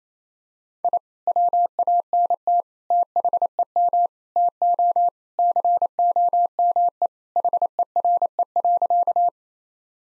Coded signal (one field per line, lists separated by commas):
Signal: Morse code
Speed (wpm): 28 wpm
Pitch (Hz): 700 Hz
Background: none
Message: I WANT THEM TO COME HERE.